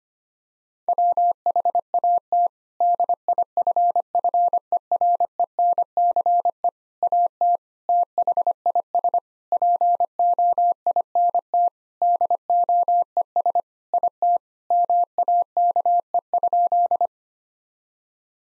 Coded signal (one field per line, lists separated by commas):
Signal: Morse code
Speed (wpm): 25 wpm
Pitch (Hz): 700 Hz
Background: none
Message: WHAT DIFFERENCE AT THIS POINT DOES IT MAKE?